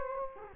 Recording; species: mosquito wingbeat signal from an infrared sensor; Culex quinquefasciatus